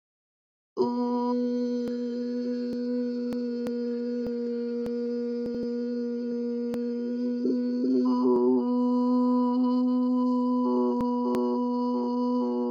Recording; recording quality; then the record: sustained vowel as in boot; excellent, no background noise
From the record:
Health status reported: COVID-19 positive, no symptoms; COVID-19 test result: positive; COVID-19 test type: RT-PCR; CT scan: not taken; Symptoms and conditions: fever, fatigue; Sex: female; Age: 24 years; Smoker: no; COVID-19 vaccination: both doses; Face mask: not worn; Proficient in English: yes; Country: India